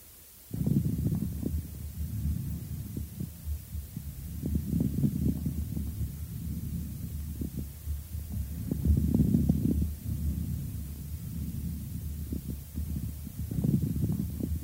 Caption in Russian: Влажные разнокалиберные незвонкие хрипы, определяемые на фоне жесткого дыхания. Сначала в проекции левого легкого.